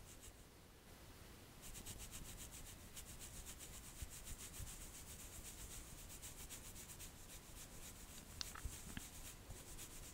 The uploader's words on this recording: ASMR Natural Spa Facial Treatment & Scalp Massage.